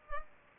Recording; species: mosquito wingbeat signal from an infrared sensor; Culex pipiens